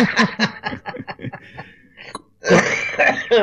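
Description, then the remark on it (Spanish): A short run of throaty, raspy sounds gives way to a loud, rough cough-like burst lasting about a second, with a strained, voiced quality and no clear words: a radio host coughing while presenting the programme from his bed. “Bueno, pero tu tos lo certifica.”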